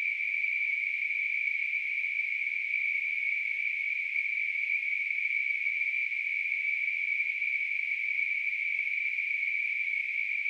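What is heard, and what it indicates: Simulated tinnitus sound.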